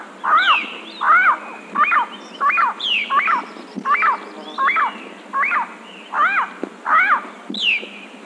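Bird calls: hoarse, rising-and-falling notes repeated at a steady pace of about one each second, with fainter higher calls in the background.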